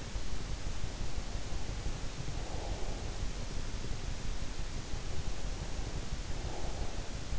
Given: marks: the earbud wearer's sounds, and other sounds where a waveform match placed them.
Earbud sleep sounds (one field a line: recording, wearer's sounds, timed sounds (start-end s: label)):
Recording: sounds in sleep by an in-ear microphone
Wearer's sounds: breath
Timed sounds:
1.06-3.34 s: breath
5.19-7.11 s: breath